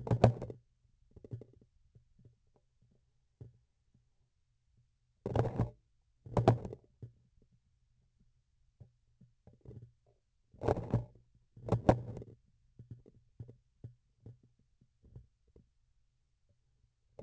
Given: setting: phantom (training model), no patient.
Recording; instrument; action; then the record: laparoscopic instrument, vibration sensor on the handle end; grasping forceps; opening and closing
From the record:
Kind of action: tool actuation without material contact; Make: other than Olympus